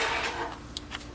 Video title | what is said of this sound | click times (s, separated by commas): Tasco 8MP Trail Camera - Unboxing & Set Up | get a nice affirmative click | 0.8 s